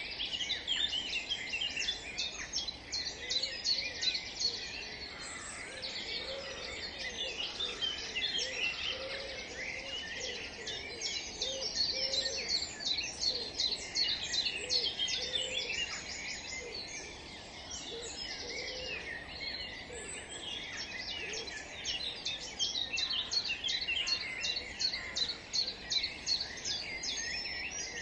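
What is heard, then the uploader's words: A dawn chorus in a park, with many birds singing at once in a dense, continuous tangle of bright chirps and trills. A softer, lower repeated call recurs throughout beneath a faint outdoor hum. Dawn Chorus in Highfield Park, Manchester. Recorded in Levenshulme on the morning.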